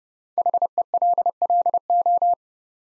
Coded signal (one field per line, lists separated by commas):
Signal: Morse code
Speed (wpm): 30 wpm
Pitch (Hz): 700 Hz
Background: none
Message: HELLO